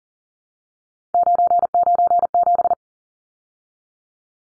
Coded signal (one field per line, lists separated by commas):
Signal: Morse code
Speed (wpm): 40 wpm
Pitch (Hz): 700 Hz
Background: none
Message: 997